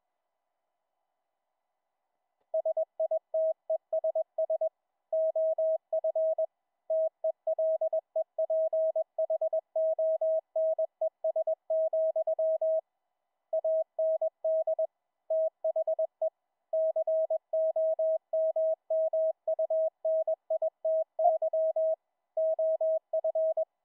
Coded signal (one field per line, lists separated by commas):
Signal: Morse code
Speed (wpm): 21 wpm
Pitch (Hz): 640 Hz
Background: none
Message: SITESS OF TELEPHONES, AND THE COMMUNITY OF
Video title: Raspberry Pi, Ultra PicoKeyer, HiPerMite CW filter - sidetone for QSO'n on Mumble VOIP- LIVE DEMO